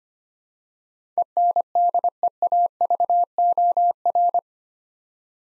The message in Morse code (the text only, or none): ENDEAVOR